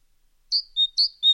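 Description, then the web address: Bird song: a clear two-note phrase, a higher slurred whistle dropping to a lower steady note, given twice in quick succession against silence. "fugl"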